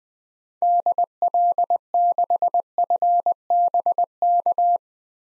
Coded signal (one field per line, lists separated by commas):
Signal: Morse code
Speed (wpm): 20 wpm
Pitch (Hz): 700 Hz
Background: none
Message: DL6FBK